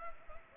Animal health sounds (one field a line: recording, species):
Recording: mosquito wingbeat signal from an infrared sensor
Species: Culex pipiens